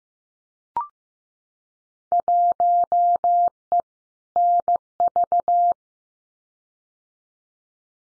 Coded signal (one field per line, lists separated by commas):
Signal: Morse code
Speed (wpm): 15 wpm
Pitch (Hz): 700 Hz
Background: none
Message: 1E NV